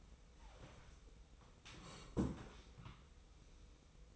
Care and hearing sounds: daily activity, microphone in the room; sit down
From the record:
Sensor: 1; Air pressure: 990.5 hPa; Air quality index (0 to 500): 154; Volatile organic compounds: 1000 ppm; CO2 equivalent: 5609 ppm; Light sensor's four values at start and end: 29/66/28/31 and 29/67/28/31

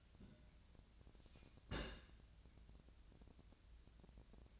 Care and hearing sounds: daily activity, microphone in the room; place on stove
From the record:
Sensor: 2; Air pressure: 1009.8 hPa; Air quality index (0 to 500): 179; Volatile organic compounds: 10 ppm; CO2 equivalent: 2245 ppm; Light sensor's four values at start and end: 31/77/33/37 and 31/77/33/37

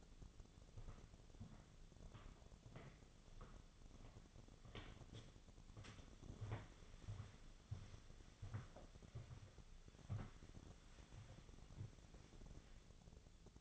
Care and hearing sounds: daily activity, microphone in the room; walk to room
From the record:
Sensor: 4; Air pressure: 1000.8 hPa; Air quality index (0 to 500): 123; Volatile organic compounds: 1 ppm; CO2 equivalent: 926 ppm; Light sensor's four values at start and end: 58/144/60/68 and 55/136/57/64

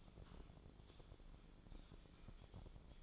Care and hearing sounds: daily activity, microphone in the room; typing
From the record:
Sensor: 5

